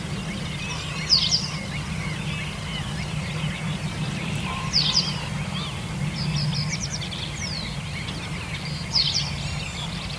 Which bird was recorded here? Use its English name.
Western Yellow Wagtail